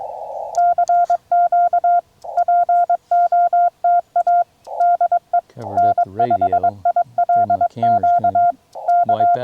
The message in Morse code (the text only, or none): CQ POTA DE N5ILQ K